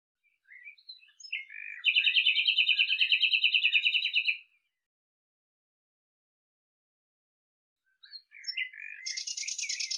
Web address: cianscape birddata Deverinetal 2025 Bird Lu Me Lu Me